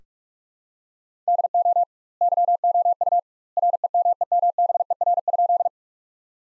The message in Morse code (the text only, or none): DO YOU REMEMBER?